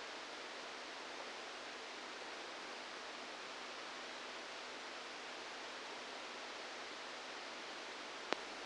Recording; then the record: brain microelectrode recording played as sound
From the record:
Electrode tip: outside the subthalamic nucleus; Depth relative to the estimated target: -3 mm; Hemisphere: left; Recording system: NeuroSet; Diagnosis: Parkinson's disease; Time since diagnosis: 10 years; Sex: male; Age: 63 years